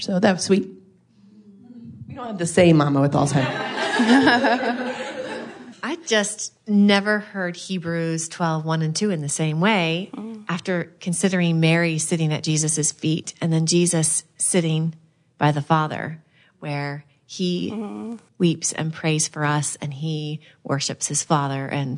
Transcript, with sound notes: That was sweet.
We don’t have the same momma with Alzheimer’s. (laughter) I just never heard Hebrews 12:1 and 2 in the same way after considering Mary sitting at Jesus’ feet, and then Jesus sitting by the Father where He weeps and prays for us, and He worships His Father.